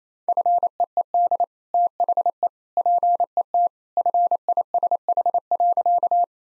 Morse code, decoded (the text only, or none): FEED THE PET FISH.